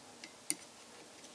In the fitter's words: and you may have heard it snap that flattens it in place and then